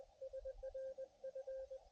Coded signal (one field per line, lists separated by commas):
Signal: Morse code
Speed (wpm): 23 wpm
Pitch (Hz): 500 Hz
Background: radio noise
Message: SRF